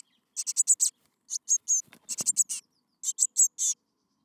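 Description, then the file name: Eurasian blue tit calling in quick clusters of high, sharp notes, with a brief low thump among them. "Cyanistes caeruleus"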